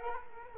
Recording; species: mosquito wingbeat signal from an infrared sensor; Culex quinquefasciatus